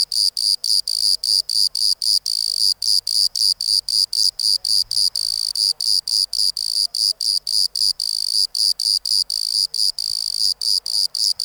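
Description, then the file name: Bordeaux cricket: bright, high chirps repeated in a steady stream near four per second, the rhythm unbroken through the whole stretch. "Modicogryllus bordigalensis"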